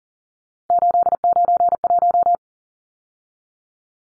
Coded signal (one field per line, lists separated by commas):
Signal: Morse code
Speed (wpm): 40 wpm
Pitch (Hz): 700 Hz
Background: none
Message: 891